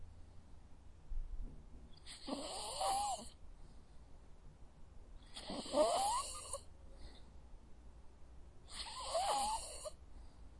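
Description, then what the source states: Dog snoring in three evenly spaced breathy bursts, each holding a soft wavering whistle, with quiet gaps between them. Dog sleeping.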